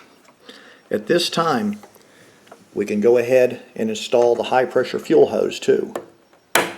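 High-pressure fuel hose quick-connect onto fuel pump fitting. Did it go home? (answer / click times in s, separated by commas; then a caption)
yes / 6.6 s. Someone talks while the high-pressure fuel hose quick-connect of an extended run fuel kit on a Honda EU7000iS generator is pushed onto its fuel pump fitting. At 6.6 s a loud, sharp click is heard as two plastic teeth snap over the end and the coupling seats, after which the lock tab is pushed down.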